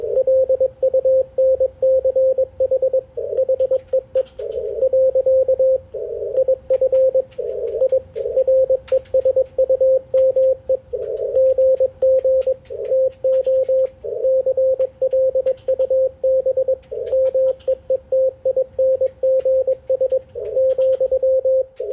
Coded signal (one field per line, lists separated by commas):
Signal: Morse code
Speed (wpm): 21 wpm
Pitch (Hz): 530 Hz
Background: radio noise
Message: LUNCH HEE . IF I RESUME GG TO CLUB MEETINGS ,